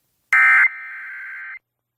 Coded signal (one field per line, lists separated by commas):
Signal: Emergency Alert System (SAME) tones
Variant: end-of-message bursts